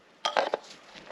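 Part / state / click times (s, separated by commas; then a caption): cartridge oil filter element into the plastic filter housing cap / not seated / none. A paper cartridge oil filter element for a 2017 Chrysler Pacifica is handled against its plastic filter housing cap, which has just been fitted with a new O-ring. Short handling knocks are heard at about 0.3, 0.4 and 0.5 seconds, followed by quiet rustling. Nothing has seated or snapped in yet.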